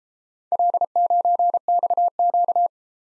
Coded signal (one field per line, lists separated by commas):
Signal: Morse code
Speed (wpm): 33 wpm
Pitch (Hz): 700 Hz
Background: none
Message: L9XQ